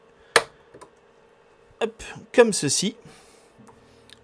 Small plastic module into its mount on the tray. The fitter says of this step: Là, il est bien enclenché.